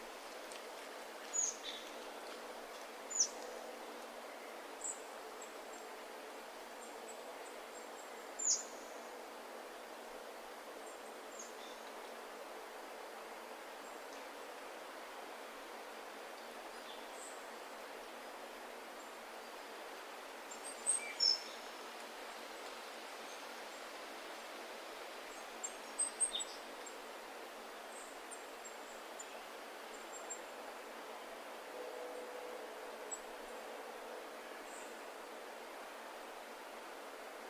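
Steady wind hissing through forest trees, with faint high bird chirps and brief light crackles around 3, 8, 21 and 26 seconds.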